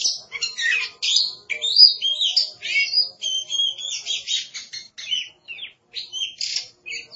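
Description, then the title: Oriental magpie-robin singing a continuous varied warble of sharp chirps, buzzy notes and brief whistles, delivered in rapid irregular phrases. "Suara Kicauan Burung Kacer"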